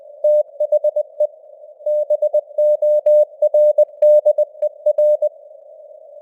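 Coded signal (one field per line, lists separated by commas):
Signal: Morse code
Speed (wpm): 20 wpm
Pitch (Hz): 600 Hz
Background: none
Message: THE BORDER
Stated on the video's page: News headlines sent at 20 wpm with simulated radio noise and varying signal strength (QSB).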